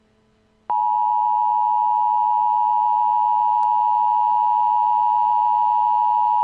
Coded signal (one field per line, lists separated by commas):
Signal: Emergency Alert System (SAME) tones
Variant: 853 and 960 Hz attention tone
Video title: EAS | Nuclear Attack Scenario #5